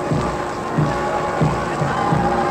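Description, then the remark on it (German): A large crowd at Potsdam in 1933 roars continuously as a Generalfeldmarschall arrives, with rhythmic shouted chants of "Heil" rising out of the din about every half second to second, all on a hissy, muffled old recording. “Hören Sie, das Heil, eine Begeisterung.”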